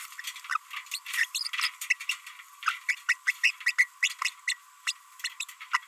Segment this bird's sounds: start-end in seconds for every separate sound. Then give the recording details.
0.50-0.57, 0.92-0.97, 1.07-1.25, 1.35-1.48, 1.53-1.70, 1.90-1.93, 2.01-2.03, 2.09-2.15, 2.89-2.95, 3.09-3.13, 3.27-3.32, 3.44-3.51, 3.61-3.72, 3.78-3.85, 4.03-4.13, 4.22-4.30, 4.48-4.54, 4.87-4.92, 5.40-5.44, 5.72-5.84. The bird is a female. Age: 28 days. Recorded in a nest box in Venezuela. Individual 17B42B2